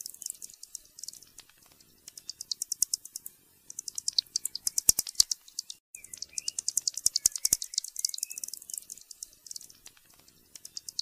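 Pipistrelle bat calls heard as fast, high clicking pulses in repeated runs, broken by a short silent gap.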